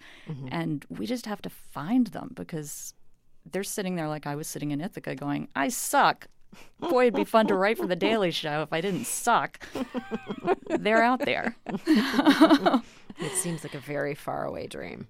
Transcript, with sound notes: And we just have to find them because they're sitting there like I was sitting in Ithaca going, I suck. Boy, it'd be fun to write for "The Daily Show" if I didn't suck.
(LAUGHTER)
They're out there.
(LAUGHTER)
It seems like a very far away dream.